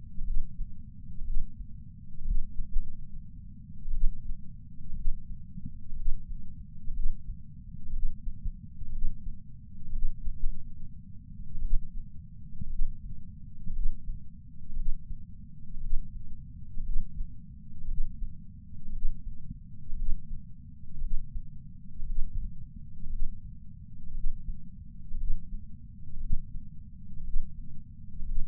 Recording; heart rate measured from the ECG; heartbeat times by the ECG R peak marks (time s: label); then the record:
heart sounds by patch sensor on the chest; 60 bpm
0.22 s: heartbeat
1.22 s: heartbeat
2.23 s: heartbeat
2.70 s: heartbeat
3.90 s: heartbeat
4.94 s: heartbeat
5.94 s: heartbeat
6.92 s: heartbeat
7.91 s: heartbeat
8.90 s: heartbeat
9.91 s: heartbeat
10.37 s: heartbeat
11.60 s: heartbeat
12.68 s: heartbeat
13.71 s: heartbeat
14.74 s: heartbeat
15.79 s: heartbeat
16.81 s: heartbeat
17.86 s: heartbeat
18.90 s: heartbeat
19.94 s: heartbeat
20.99 s: heartbeat
22.04 s: heartbeat
23.08 s: heartbeat
24.12 s: heartbeat
25.15 s: heartbeat
26.18 s: heartbeat
27.21 s: heartbeat
28.23 s: heartbeat
From the record:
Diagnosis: coronary artery disease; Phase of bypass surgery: preoperative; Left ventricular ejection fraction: 61.1%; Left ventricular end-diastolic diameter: 60 mm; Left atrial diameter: 40 mm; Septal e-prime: 7.9 cm/s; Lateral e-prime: 9.6 cm/s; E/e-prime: 7.5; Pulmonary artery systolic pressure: 34 mmHg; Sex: male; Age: 65 years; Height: 168 cm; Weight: 73 kg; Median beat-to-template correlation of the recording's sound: 0.92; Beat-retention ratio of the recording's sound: 1.00